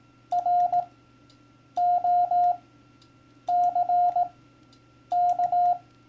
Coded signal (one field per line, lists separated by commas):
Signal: Morse code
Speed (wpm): 18 wpm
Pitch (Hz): 710 Hz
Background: none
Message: ROCK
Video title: How CW Ops Speak - Turning it Over